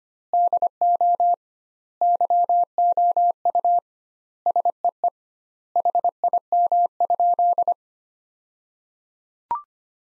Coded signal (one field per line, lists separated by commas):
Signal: Morse code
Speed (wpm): 25 wpm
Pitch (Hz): 700 Hz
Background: none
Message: DO YOU SEE HIM?